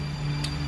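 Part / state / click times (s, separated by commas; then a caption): brake pad abutment clip into the caliper mounting bracket / seated / 0.4 s. A metal brake pad abutment clip is pressed into the caliper mounting bracket during a front brake job on a 2006 Chrysler 300. One short, sharp snap comes at 0.4 s over a steady low hum, and the clip seats in place.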